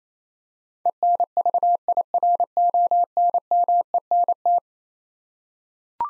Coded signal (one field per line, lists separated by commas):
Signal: Morse code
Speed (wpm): 28 wpm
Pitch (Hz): 700 Hz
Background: none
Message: ENVIRONMENT